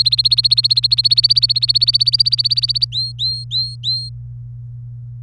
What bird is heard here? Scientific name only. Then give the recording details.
Serinus canaria. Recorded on 24 April 2018 at 17:19. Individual llb3